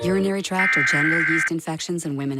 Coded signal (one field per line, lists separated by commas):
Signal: Emergency Alert System (SAME) tones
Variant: header bursts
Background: speech